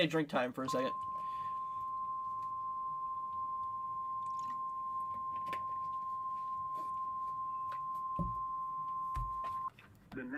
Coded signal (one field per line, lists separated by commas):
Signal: Emergency Alert System (SAME) tones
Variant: 1050 Hz attention tone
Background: speech